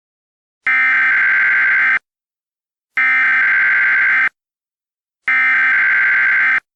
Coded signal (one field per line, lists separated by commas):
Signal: Emergency Alert System (SAME) tones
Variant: header bursts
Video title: EAS Scenario: Absolutely Radioactive Part 7